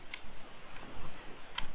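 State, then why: Seated. The bottom frame lock joint of a TCEK folding swivel beach chair is set as its frame legs and tubes are pulled outward, with sharp, bright clicks at 0.1 s and 1.6 s against a quiet background. The joint clicks into place and is seated.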